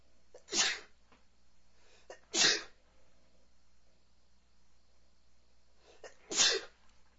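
An adult man sneezes three times, with quiet breathing between the sneezes.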